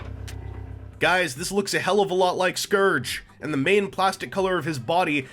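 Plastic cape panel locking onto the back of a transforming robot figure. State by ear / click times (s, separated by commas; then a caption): seated / 0.3 s. A plastic cape panel on a transforming robot figure (X-Transbots MX-II Andras) is slid up until it locks onto the figure's back for robot mode, with a short sharp click at 0.3 s over a low hum. Someone then talks from about 1.0 s onward. The cape is seated in place.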